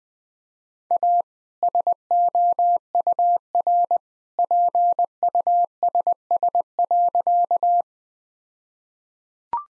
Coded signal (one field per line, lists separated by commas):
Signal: Morse code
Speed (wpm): 21 wpm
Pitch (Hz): 700 Hz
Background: none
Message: A SOUR PUSS.